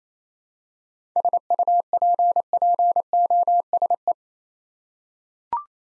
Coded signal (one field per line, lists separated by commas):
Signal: Morse code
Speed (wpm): 28 wpm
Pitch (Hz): 700 Hz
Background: none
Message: SUPPOSE